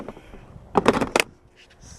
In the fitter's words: hear the click most infant seats to release have